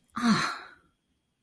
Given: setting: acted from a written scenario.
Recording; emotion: vocal sound without words; relief